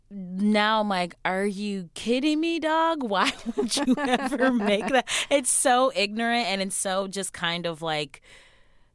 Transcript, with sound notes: now I'm like, are you kidding me, dog?
(Laughter).
Why would you ever make that? It's so ignorant. And it's so just kind of, like,